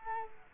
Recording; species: mosquito wingbeat signal from an infrared sensor; Culex quinquefasciatus